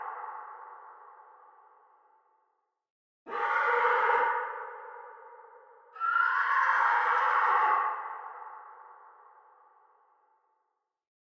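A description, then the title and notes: A horse's call echoes through a forest, two drawn-out, ringing whinnies at three and six seconds, each trailing off in a long reverberant fade. PH - IR, Forest Reverb with Horse by Phonophilist.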